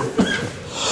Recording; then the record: coughing mixed with background sound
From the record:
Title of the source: Spring Allergy Coughing